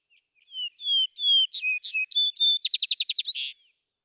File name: Vesper Sparrow